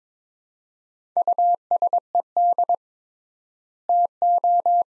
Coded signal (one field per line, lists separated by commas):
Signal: Morse code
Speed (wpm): 22 wpm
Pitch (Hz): 700 Hz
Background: none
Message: USED TO